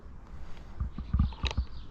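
The rudder shaft of a PIKE BOARD 352 Stepper 2024 inflatable fishing kayak is being fitted into its rudder mount, with the flat on the shaft lined up with the small pin inside. A series of dull low knocks and scrapes is heard around 0.8, 1.0, 1.2 and 1.6 seconds, with the sharpest, loudest hit at 1.5 seconds. Nothing has seated or clicked yet; the shaft is still being handled.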